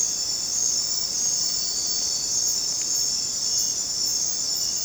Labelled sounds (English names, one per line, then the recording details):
none
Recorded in dense forest near Puerto Asís, Putumayo, Colombia, on 23 June 2025 at 21:30
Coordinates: 0.484, -76.317
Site G045